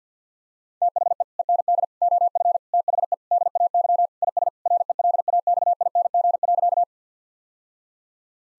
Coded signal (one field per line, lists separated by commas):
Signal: Morse code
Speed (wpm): 50 wpm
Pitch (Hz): 700 Hz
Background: none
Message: THE END OF THE DAY IS RELAXING.